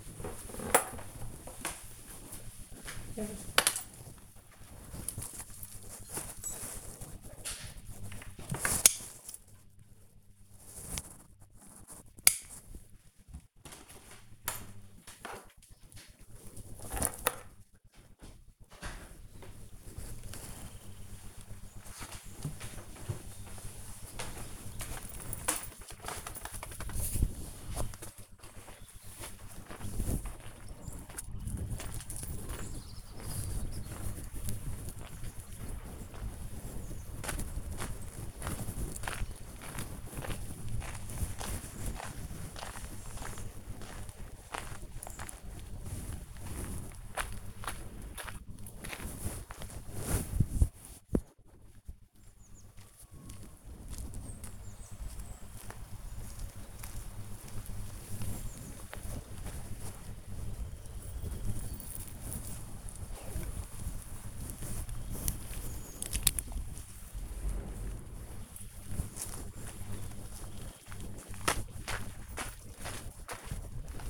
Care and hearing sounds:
household activities, microphone on the right wrist
0.00-74.10 s: going for a walk with dog

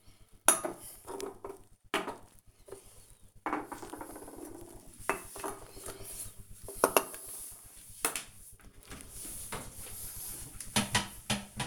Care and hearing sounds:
household activities, microphone on the right wrist
0.00-11.67 s: cleaning bathroom

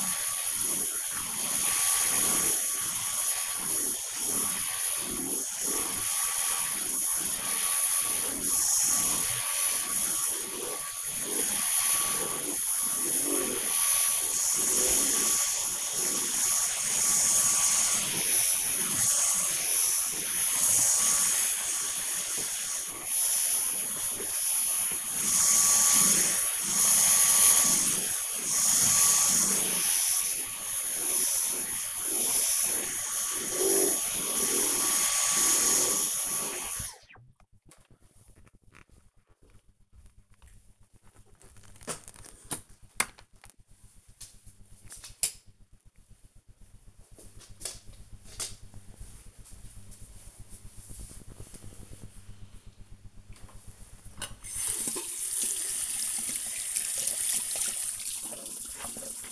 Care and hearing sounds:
household activities, microphone on the right wrist
0.00-37.23 s: vacuum cleaning
52.35-59.32 s: washing hands

